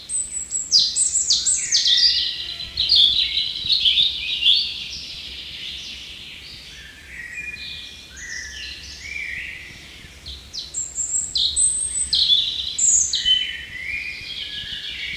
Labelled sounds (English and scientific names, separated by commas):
European Robin (Erithacus rubecula) song